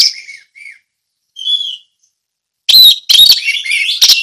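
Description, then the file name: Orange-headed thrush giving a few soft whistled notes, a quiet pause, then a loud, rapid burst of varied chirps and whistles. Song in the ngeplong style. "anis merah ngeplong"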